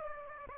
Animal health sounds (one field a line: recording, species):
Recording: mosquito wingbeat signal from an infrared sensor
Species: Aedes aegypti